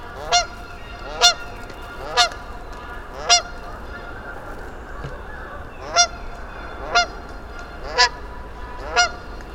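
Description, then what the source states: Goose calls, eight ringing honks in two groups separated by a pause, about a second apart. Geese on the frozen bog at Mud Pond nature refuge, Vermont, early spring, after a lone goose's companions arrived from the south and it perked up; parabolic microphone on a stand.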